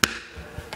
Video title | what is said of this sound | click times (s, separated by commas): Wunderlich Smart Tool Box for BMW R1250 GS | that your lock will click into place like so. So it's completely in, | 0.0 s